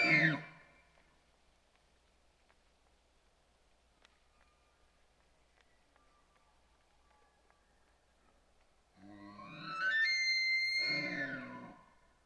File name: elk